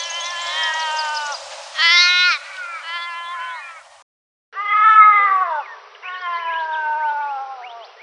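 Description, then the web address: Australian raven uttering strained, wailing calls in bursts, drawn-out notes that droop at the end, with a brief silent break midway. Recorded in a garden in Canberra, Australia. "canberra-garden-birds ravens"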